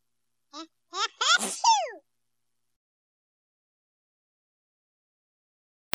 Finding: Sneeze.